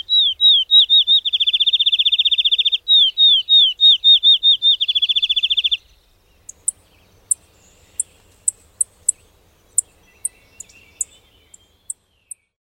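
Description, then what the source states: Field Sparrow song: high sweet slurred whistles that speed into a rapid trill, sung twice, followed by quiet with scattered sharp high ticks. From a radio piece dated 23 April 2008.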